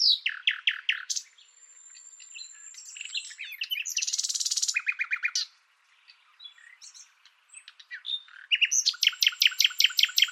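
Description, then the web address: Bird song: quick descending chirps, then a dense buzzy rattle, a pause, and a burst of rapid high staccato notes repeated several times a second. "Deverinetal 2025 File origin Bird Only"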